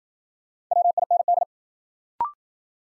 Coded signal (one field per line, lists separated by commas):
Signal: Morse code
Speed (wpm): 52 wpm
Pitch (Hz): 700 Hz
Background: none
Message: WIND